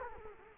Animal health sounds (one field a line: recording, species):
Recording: mosquito wingbeat signal from an infrared sensor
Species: Culex quinquefasciatus